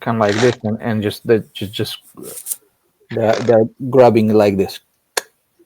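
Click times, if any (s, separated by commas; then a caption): 5.2 s. Someone talks while grabbing the pushrod connector parts of a model airplane's control linkage and pushing them together. A single sharp tick at 5.2 s marks the pushrod link clip snapping into place in the control horn linkage, seated.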